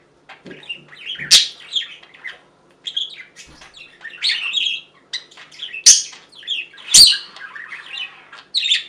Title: Budgie Sounds